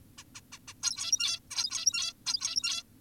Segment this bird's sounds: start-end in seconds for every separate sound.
0.18-0.24, 0.35-0.41, 0.52-0.59, 0.68-0.74, 0.83-1.40, 1.51-2.13, 2.26-2.83